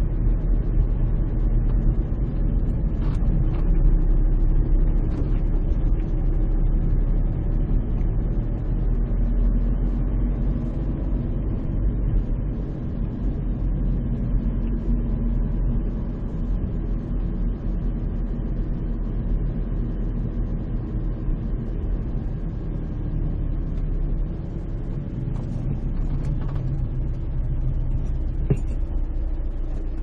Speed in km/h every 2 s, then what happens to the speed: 16, 14, 15, 17, 20, 21, 21, 18, 17, 17, 17, 15, 13, 6, 0.
4-9 speeds up to 21. 9-20 steady at about 17. 20-30 slows to 0.